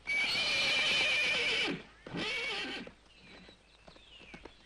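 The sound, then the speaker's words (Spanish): A horse lets out a loud, high, quavering whinny, then a second shorter one, followed by quieter hoof clip-clops tapping in an uneven rhythm. “Y ya nos sigue insultando a mi caballo.”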